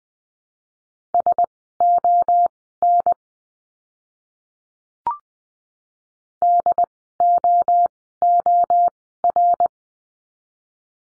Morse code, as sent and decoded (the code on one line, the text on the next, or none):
... --- -. / -.. --- --- .-.
SON DOOR